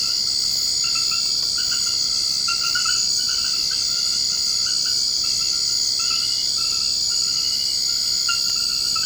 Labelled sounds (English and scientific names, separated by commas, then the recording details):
none
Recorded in secondary vegetation near Puerto Asís, Putumayo, Colombia, on 24 March 2025 at 22:00
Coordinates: 0.488, -76.319
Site G095